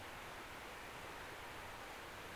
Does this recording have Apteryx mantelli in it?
no